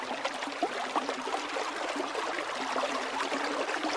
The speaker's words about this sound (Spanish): Después de un largo recorrido en silencio, escuché el rumor de un arroyo.